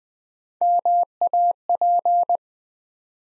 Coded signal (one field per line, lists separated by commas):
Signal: Morse code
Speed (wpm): 20 wpm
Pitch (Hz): 700 Hz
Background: none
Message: MAP